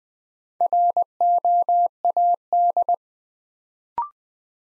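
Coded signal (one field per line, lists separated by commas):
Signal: Morse code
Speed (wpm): 20 wpm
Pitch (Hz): 700 Hz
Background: none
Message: ROAD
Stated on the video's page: Morse new-word head-copy drill at 20 wpm, words from the top 400 words, each sent, spoken, then sent again.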